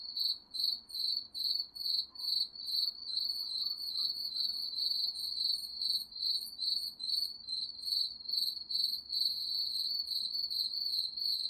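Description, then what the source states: Cricket chirps, high and shrill, delivered in rhythmic bursts a little over two per second, steady for the whole stretch over a faint low hum. Crickets recorded at night.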